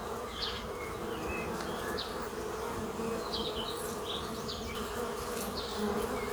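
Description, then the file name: Bee: continuous low droning buzz of many bees, with brief high bird chirps dotted over the hum. "Bees Buzzing"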